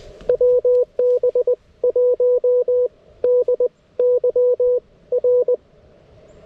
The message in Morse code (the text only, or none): WB1DYR